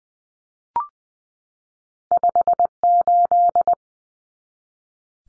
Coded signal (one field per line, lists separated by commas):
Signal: Morse code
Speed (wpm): 20 wpm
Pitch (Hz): 700 Hz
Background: none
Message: 58